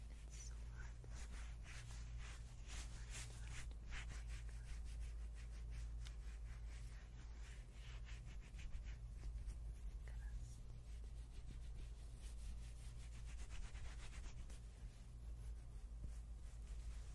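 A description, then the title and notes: Steady scrubbing and rubbing fills the clip, a dense run of quick strokes with bright scratchy edges that swell and ease every second or so. A constant low hum sits underneath, and the level stays nearly even throughout. Scrubbing + face massage+ haircut roleplay.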